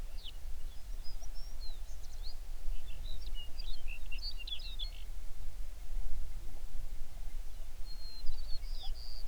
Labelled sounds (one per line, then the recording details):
songbird
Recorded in the Prudhoe Bay oil fields, Alaska, on 11 June 2019 at 05:21
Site 21